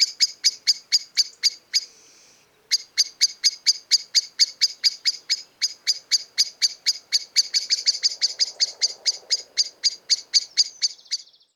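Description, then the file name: Common blackbird giving a fast, steady series of hard chink notes, pausing about a second early on, then continuing with a faint rustle underneath. "Turdus merula"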